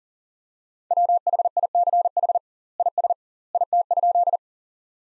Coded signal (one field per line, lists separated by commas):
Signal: Morse code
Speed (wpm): 40 wpm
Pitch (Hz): 700 Hz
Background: none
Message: WHICH IS IT?